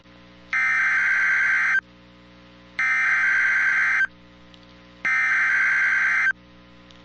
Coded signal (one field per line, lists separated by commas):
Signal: Emergency Alert System (SAME) tones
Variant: header bursts